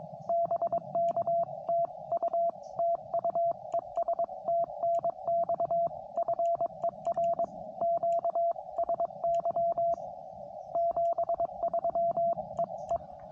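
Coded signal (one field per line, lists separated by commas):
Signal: Morse code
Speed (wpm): 22 wpm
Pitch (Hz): 680 Hz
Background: radio noise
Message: BK TU TU ES TNX FER QSY 73 EE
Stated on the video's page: CW during a homebrew POTA activation, QRP Labs QMX radio, iambic paddle, QRP Guys antenna.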